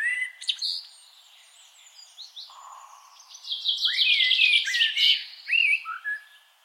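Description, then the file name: Eurasian blackbird song: a brief fluty opening and a quieter pause, then a long rich stretch of rapid high twittering with rising and falling whistled slurs. "Turdus merula"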